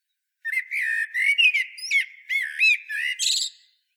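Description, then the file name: Eurasian blackbird singing one long phrase of fluty, warbled notes with looping upward slurs and a scratchy high flourish at the finish. "Turdus merula"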